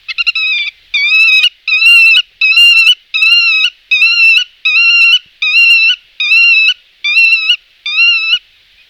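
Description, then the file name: Black-tailed godwit calling, a series of eleven clear, nasal, slightly wavering notes, each about half a second long, repeated at a steady pace of a little over one per second. "grutto"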